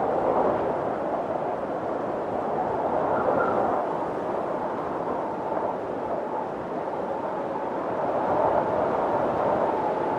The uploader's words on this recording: Snowy Countryside. Sounds of a countryside during a snowstorm - soft winds blowing through the trees.